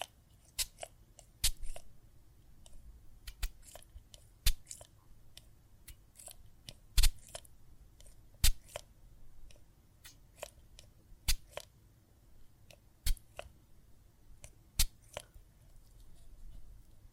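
Soap foam crackles with sharp, irregular pops and clicks every fraction of a second, some louder snaps, over a soft low rumble.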